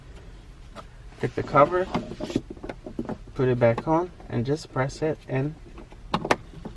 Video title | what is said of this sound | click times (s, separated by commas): How to Replace the Cabin/Map Light on a 2013-2021 Mitsubishi Outlander | until you hear it click. That's it. | 6.1 s, 6.3 s